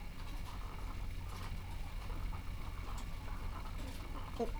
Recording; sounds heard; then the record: poultry house recording; sick chickens (respiratory disease)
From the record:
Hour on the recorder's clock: 14